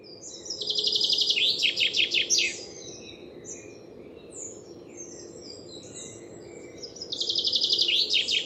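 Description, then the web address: Common chaffinch song: two bright descending rattling phrases, the first near the start ending in a flourish and another cut off at the end, with faint twittering birds between. "Deverinetal"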